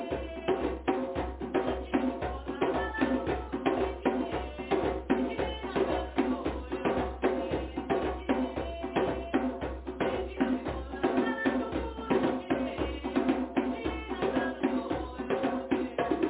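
Drumming in a fast, dense, steady rhythm of sharp strikes over a low rumbling tone, the sound muffled and holding an even level throughout.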